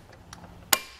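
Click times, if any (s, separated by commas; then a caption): 0.7 s. A torque-limiting tool tightens a Thule Evo Clamp or Edge Clamp roof rack foot with a fit kit on a 2019 Subaru WRX. Two faint ticks are followed by a sharp, loud click at 0.7 s. The click signals that the tool has reached its setting and the foot is fully tightened down.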